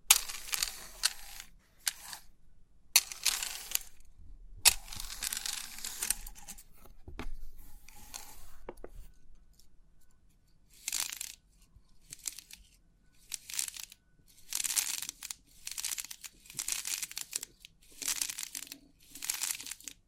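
Crisp pin art sounds come in short bursts of bright, rustling, crinkly texture. They stop and start irregularly across the twenty seconds, with a quieter stretch around eight to ten seconds. A faint low rumble sits underneath throughout.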